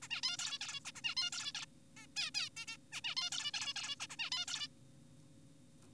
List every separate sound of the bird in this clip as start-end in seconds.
0.02-0.08, 0.10-0.21, 0.23-0.37, 0.39-0.59, 0.61-0.80, 0.85-0.92, 0.95-1.01, 1.04-1.15, 1.17-1.30, 1.32-1.52, 1.55-1.66, 1.97-2.06, 2.17-2.31, 2.35-2.49, 2.57-2.66, 2.68-2.77, 2.92-3.01, 3.04-3.15, 3.17-3.30, 3.32-3.51, 3.54-3.74, 3.76-3.96, 4.00-4.07, 4.10-4.17, 4.19-4.30, 4.32-4.46, 4.48-4.68